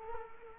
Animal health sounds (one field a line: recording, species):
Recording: mosquito wingbeat signal from an infrared sensor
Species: Culex quinquefasciatus